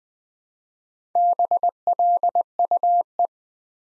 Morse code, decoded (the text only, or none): BLUE